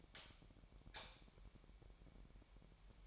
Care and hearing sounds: daily activity, microphone in the room; light off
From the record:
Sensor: 1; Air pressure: 1012.0 hPa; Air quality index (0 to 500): 232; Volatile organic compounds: 6 ppm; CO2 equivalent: 1851 ppm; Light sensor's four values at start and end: 16/45/18/20 and 13/31/13/14

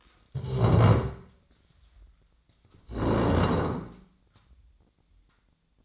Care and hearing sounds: daily activity, microphone in the room; stand up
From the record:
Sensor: 3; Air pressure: 1012.2 hPa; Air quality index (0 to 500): 173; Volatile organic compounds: 3 ppm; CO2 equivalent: 1327 ppm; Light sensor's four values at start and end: 106/228/113/124 and 62/156/70/74

